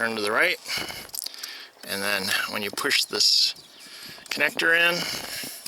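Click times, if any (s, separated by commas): none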